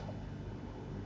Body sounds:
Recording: background sound without coughing

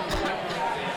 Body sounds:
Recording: coughing mixed with background sound

